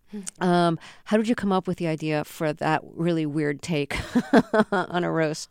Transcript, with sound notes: How did you come up with the idea for that really weird take...
(LAUGHTER)
...on a roast?